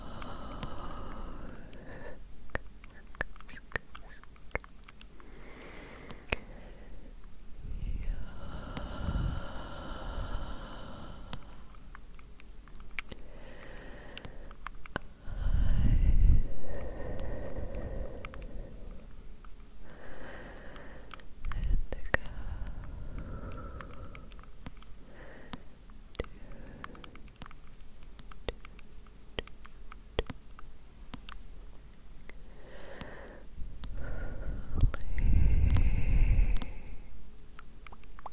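Close, quiet whispering with light, irregular tapping clicks scattered throughout. Soft breaths and low, rushing blows into the microphone swell up every several seconds, strongest around 16 and 35 seconds, over a hushed, steady background.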